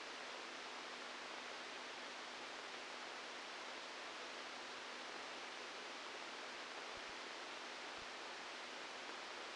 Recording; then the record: brain microelectrode recording played as sound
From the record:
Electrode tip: outside the subthalamic nucleus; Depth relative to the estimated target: 3 mm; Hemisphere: left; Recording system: NeuroSet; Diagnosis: Parkinson's disease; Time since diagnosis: 12 years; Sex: male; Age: 61 years